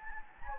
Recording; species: mosquito wingbeat signal from an infrared sensor; Anopheles gambiae